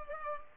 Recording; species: mosquito wingbeat signal from an infrared sensor; Culex pipiens